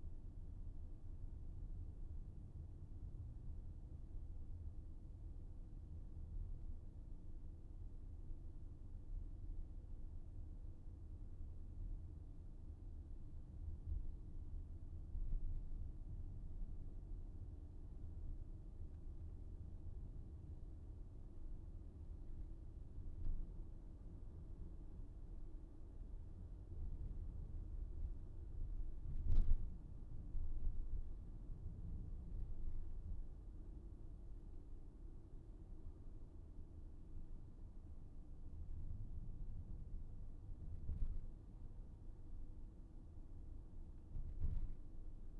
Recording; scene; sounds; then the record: everyday scene through a hearing-aid microphone; in a vehicle; engine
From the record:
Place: VW T5 Caravelle, diesel engine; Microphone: behind the ear, right, front